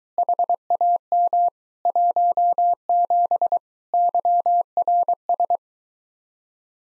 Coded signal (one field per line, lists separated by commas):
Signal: Morse code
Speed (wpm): 22 wpm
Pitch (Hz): 700 Hz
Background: none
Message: HAM 17 YRS